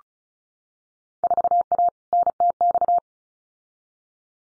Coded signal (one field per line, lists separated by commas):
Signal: Morse code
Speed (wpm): 36 wpm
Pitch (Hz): 700 Hz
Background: none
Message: 4A NTX